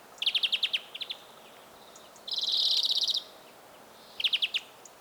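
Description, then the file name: European greenfinch giving quick rattling trills, then a harsh buzzy wheeze lasting almost a second, followed by another short trill. "Chloris chloris"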